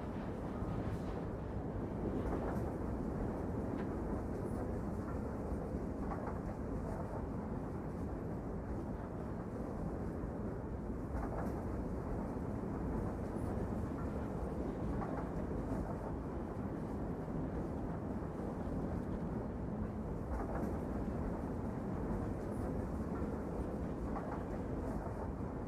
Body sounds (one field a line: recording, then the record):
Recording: background sound without coughing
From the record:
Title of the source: Train Ride Ambience ambient white noise for sleeping, focus, studying, reading